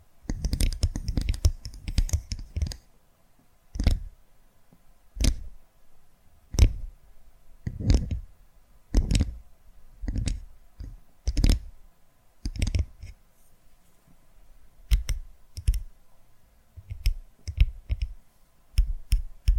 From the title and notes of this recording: ASMR Tapping Through Your Brain Invisible + Triggers (No Talking).